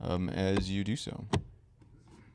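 Someone talks while the plastic under-dash trim panel of a 2015 Audi Q7, taken off for the cabin air filter change, has its front tabs lined up and pushed up toward its dashboard clips. A short burst of handling noise comes at about 1.3 seconds, then only faint rustling follows. Nothing has seated or clicked yet.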